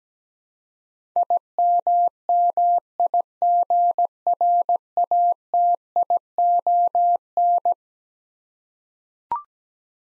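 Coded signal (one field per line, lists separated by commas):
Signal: Morse code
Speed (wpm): 17 wpm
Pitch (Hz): 700 Hz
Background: none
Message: IMMIGRATION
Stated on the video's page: Eleven-letter words sent as a head-copy drill, each sent in Morse, spoken, then sent again.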